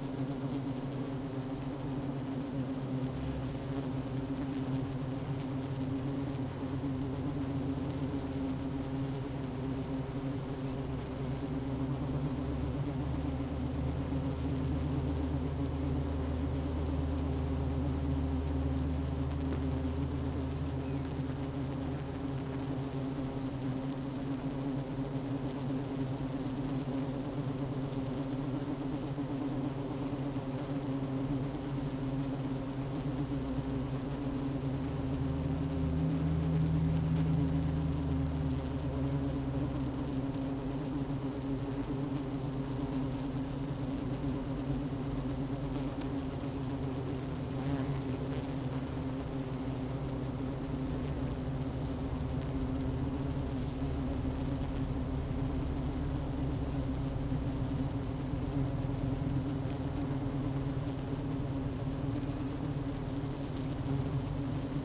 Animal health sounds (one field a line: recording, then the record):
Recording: honeybee colony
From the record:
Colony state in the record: active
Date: 12 June 2018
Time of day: 10:04